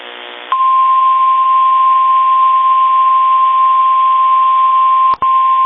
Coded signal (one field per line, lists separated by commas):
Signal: Emergency Alert System (SAME) tones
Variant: 1050 Hz attention tone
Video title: Tornado Warning (4/17/26) [EAS #373]